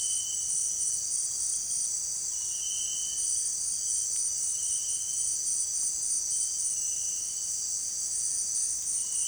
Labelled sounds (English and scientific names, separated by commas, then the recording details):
none
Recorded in secondary vegetation near Puerto Asís, Putumayo, Colombia, on 22 June 2025 at 18:00
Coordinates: 0.485, -76.322
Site GP06